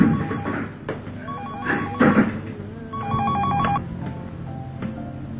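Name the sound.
telephone ringing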